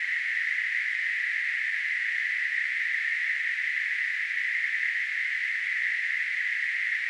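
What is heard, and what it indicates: A steady, high-pitched hissing ring holds at the same loudness for about seven seconds, with no breaks or changes in pitch. It is a simulation of tinnitus, the phantom ringing or hissing some people hear constantly.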